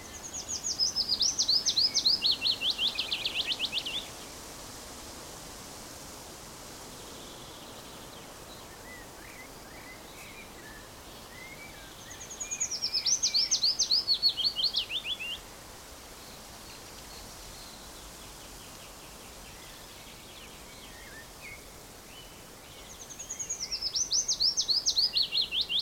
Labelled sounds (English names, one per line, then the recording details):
Willow Warbler
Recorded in the wild
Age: adult
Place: Summt, Brandenburg, DE
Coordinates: 52.693, 13.362
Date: 1992-06-14 14:45
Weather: heiter, ca. 23°C
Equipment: Nagra SN, Mikrofon AKG CK 8, Kopie Tesla B 116
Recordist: Tembrock, Günter